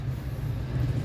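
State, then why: Not seated. A plastic button cover is being placed onto the driver door master window switch of a 2003–2008 Crown Victoria during reassembly. Only a steady low rumble below about 200 Hz is heard, with no sharp sounds. The cover has not snapped into place yet; nothing has seated or clicked.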